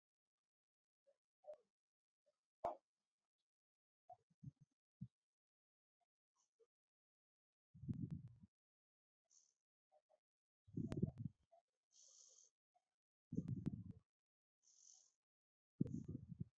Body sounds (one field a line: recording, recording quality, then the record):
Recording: shallow breathing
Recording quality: excellent, no background noise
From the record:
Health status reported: healthy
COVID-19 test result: negative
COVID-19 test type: RT-PCR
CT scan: not taken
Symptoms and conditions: cold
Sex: male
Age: 29 years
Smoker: no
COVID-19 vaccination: one dose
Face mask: not worn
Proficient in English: yes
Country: India